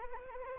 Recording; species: mosquito wingbeat signal from an infrared sensor; Anopheles arabiensis